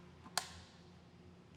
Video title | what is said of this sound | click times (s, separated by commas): Clickmox Tutorial Part 1 | there will be a satisfying clicking sound when the batteries are properly inserted | 0.4 s